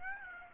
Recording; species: mosquito wingbeat signal from an infrared sensor; Aedes aegypti